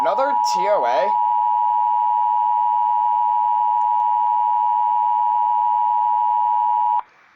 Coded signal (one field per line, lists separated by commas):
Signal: Emergency Alert System (SAME) tones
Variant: 853 and 960 Hz attention tone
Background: speech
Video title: EAS 784 TOA #515 Part 2